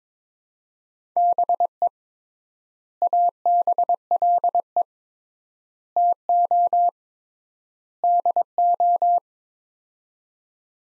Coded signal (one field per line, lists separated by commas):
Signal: Morse code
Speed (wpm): 22 wpm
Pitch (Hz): 700 Hz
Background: none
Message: BE ABLE TO DO